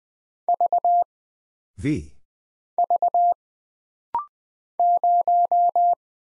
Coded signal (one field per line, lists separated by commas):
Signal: Morse code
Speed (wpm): 20 wpm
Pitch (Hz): 700 Hz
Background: none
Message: V V 0